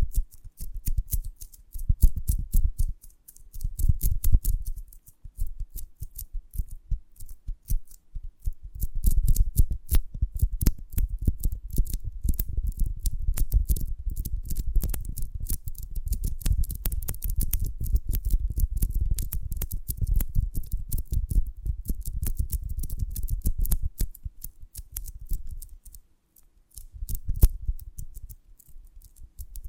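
A honeycomb on a branch is handled in a dense run of crisp, sharp clicks and crackles, like fast snipping, with a soft low rumble beneath. The crackling comes in bursts with brief quiet gaps near 3, 5 and 26 seconds, busiest through the middle.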